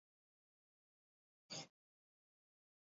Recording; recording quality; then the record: shallow breathing; moderate, slight background noise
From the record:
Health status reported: respiratory illness, not identified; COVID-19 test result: not tested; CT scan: not taken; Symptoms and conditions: fever, fatigue, muscle pain, diarrhoea, asthma, hypertension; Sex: male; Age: 42 years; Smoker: yes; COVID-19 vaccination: both doses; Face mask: worn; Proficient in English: yes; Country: India